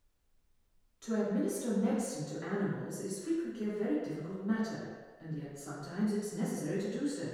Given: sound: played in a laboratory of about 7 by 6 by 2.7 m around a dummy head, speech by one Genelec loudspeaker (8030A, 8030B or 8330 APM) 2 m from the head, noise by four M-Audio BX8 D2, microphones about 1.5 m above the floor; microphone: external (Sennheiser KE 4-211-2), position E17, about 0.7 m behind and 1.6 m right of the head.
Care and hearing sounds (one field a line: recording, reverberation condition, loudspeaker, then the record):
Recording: female speech in English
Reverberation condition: high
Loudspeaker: 60 degrees to the left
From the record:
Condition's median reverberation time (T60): about 1300 ms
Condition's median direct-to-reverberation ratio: about -4.0 dB